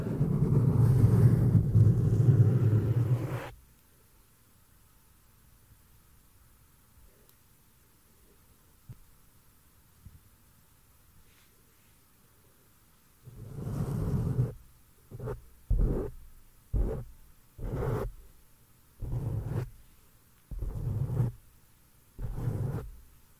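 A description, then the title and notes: Microphone touching: a loud, low rubbing sound fills the first three seconds, then near silence with faint soft rustles for about ten seconds. From around 13 seconds, a series of short, thumping bursts of mic contact repeats roughly every second, muffled and bassy. ASMR DELICATE HAND MOVEMENTS AND MIC TOUCHING FOR 1 HOUR! ASMR MIC TAPPING, GENTLE ASMR NO TALKING.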